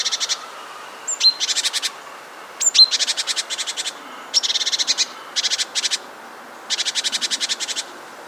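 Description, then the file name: Great tit churring calls: short bursts of rapid, harsh, buzzy notes repeated in bouts, with a few thin high whistled notes between bouts. "Parus major"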